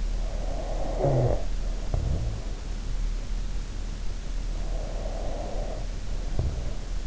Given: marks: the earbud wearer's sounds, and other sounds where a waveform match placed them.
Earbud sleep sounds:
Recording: sounds in sleep by an in-ear microphone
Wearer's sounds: snoring breath, breath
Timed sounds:
0.58-2.72 s: snoring breath
4.68-7.07 s: breath

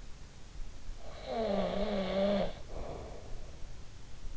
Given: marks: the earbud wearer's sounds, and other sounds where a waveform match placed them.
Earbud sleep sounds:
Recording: sounds in sleep by an in-ear microphone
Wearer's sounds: snoring breath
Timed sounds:
0.84-4.02 s: snoring breath

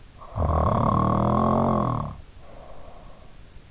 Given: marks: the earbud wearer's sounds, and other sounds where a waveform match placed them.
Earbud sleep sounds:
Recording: sounds in sleep by an in-ear microphone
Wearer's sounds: snoring breath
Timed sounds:
0.36-3.33 s: snoring breath

